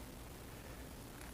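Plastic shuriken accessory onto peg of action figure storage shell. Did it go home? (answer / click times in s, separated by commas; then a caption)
no / none. A plastic shuriken accessory is handled against the storage peg on the back of an action figure's shell. A steady, quiet broadband hiss runs throughout, with a faint brief tick near 1.2 s. Nothing has seated or clicked yet.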